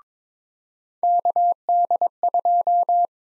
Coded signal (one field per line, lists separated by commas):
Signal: Morse code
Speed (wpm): 22 wpm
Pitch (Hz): 700 Hz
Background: none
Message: KD2